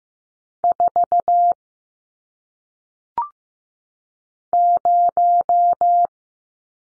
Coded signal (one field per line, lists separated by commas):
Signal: Morse code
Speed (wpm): 15 wpm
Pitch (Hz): 700 Hz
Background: none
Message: 4 0